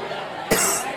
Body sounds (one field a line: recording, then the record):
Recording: coughing mixed with background sound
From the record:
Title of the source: 30 Chesty and wet cough